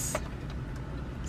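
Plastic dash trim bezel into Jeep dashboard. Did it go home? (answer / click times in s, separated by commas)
no / none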